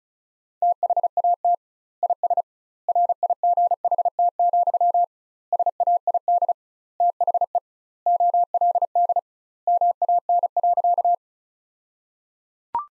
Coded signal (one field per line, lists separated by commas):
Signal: Morse code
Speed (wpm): 34 wpm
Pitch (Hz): 700 Hz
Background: none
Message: THAT IS RIGHT, SAID THE OLD MAN.